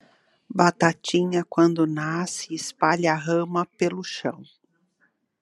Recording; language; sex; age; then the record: short text; Brazilian Portuguese; female; 60 to 69 years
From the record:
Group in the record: control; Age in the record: 60 years